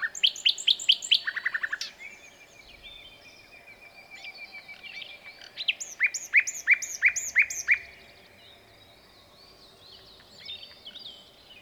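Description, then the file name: Common nightingale song: a fast run of repeated sharp notes and a low trill, a pause with soft whistling, then another burst of rapid repeated notes. "Luscinia megarhynchos"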